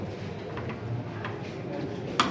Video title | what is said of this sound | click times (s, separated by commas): Mockpoll & BVC | असा कटकर आवाज येतो. आवाज आल्यानंतर थोडंसं त्याला ओढून पाहायचं, मग ते फिक्स बसलं | 2.2 s